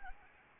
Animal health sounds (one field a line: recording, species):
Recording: mosquito wingbeat signal from an infrared sensor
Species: Anopheles arabiensis